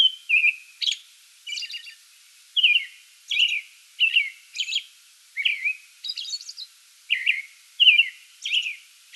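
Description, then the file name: American robin singing continuous cheerful whistled phrases, alternating lower slurred notes with higher buzzy squeaks. Song bout recorded 8 May 2022. "2022-05-08 American Robin song bout"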